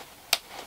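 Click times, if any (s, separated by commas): 0.3 s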